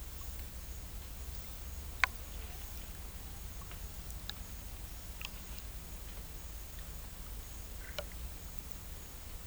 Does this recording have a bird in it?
no